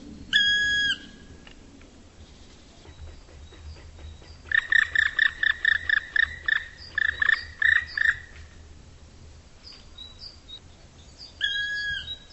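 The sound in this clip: Bird calls: a harmonic note at the start, then a fast run of clipped notes midway, and one more call at the end, over low rumble.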